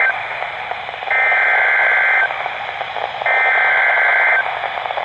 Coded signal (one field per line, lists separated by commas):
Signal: Emergency Alert System (SAME) tones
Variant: header bursts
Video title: More Severe Weather... EAS Alerts from 7/14/23 (EAS 229-242)